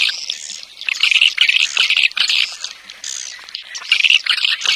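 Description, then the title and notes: Swiftlet calls, busy high-pitched twittering chatter that swells and fades in short bursts throughout. Swiftlet farming sound, Asia. "Swiflet Bird Sound. Farming Swiflet Bird asia sound"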